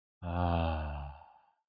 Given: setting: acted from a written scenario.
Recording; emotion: vocal sound without words; serenity